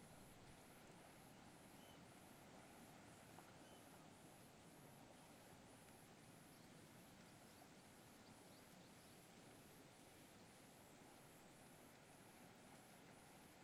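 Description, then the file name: Cicada song, a high buzzy trill pulsing steadily, over a constant broad rush of water and wind in leaves. Forest setting, with wind in leaves and a distant river and water. "Cigarra vento com folhas rio longe agua mata"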